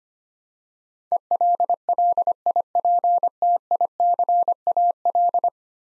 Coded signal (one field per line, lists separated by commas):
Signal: Morse code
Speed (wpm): 25 wpm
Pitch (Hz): 700 Hz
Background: none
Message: ELLIPTICAL